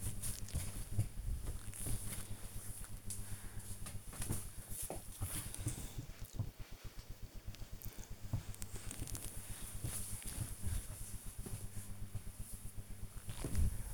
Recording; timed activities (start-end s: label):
household activities, microphone on the right wrist
0.00-3.68 s: folding laundry
9.74-13.94 s: ironing laundry